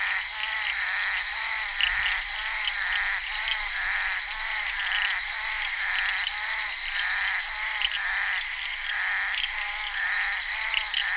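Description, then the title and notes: Bullfrogs calling in a dense chorus, rasping pulsed notes about once a second, over a continuous high-pitched hum. Recorded during the filming of Henri Duparc's Bal poussière, February 1988. "crapaux buffle. enregistré sur le tournage Bal poussière dhenri duparc en février 1988"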